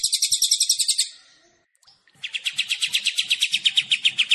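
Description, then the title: Kapas tembak and Cililin: songbird song: high, rapid twittering notes, a brief gap, then a lower run of quick chirps repeated several times per second. Combined songbird-training song of two birds, long duration, clear sound. "Masteran Kombinasi KAPAS TEMBAK VS CILILIN Jernih Durasi Panjang"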